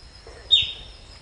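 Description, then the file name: Bird call: a single brief, sharp note falling in pitch, with a steady high whine behind it. "SABIOD 50 bird 2015"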